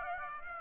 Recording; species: mosquito wingbeat signal from an infrared sensor; Aedes aegypti